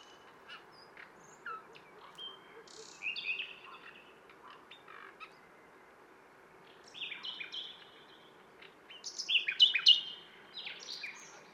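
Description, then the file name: Common nightingale song, quiet, with scattered soft chirps early and a louder phrase of rapid buzzy notes toward the end. "Luscinia megarhynchos"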